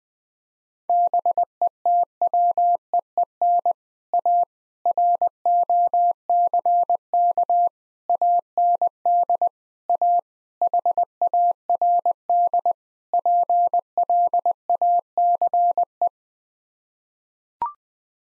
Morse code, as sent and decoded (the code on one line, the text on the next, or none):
-... . - .-- . . -. / .- / .-. --- -.-. -.- / .- -. -.. / .- / .... .- .-. -.. / .--. .-.. .- -.-. .
BETWEEN A ROCK AND A HARD PLACE